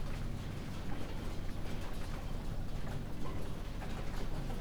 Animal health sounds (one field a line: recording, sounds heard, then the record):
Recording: poultry house recording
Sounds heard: healthy chickens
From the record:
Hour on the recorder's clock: 23